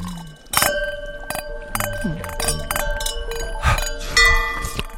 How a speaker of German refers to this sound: Wollen wir nochmal anstoßen? Ja, gerne. Hat jeder ein Getränk?